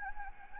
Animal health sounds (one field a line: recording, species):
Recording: mosquito wingbeat signal from an infrared sensor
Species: Anopheles gambiae